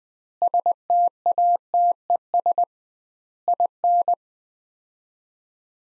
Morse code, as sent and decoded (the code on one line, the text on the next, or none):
... - .- - . ... / .. -.
STATES IN